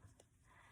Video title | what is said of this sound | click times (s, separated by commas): How to Crochet Whimsy (Part One): Making the Pieces | that was one pop I could feel two | 0.2 s